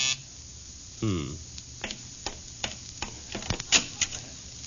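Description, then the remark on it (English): A doorbell gives one short, buzzy ring of under half a second, with no one at the door, followed by scattered sharp clicks and taps that are moderately loud. No one speaks. “Now, why would anybody ring a doorbell and then...”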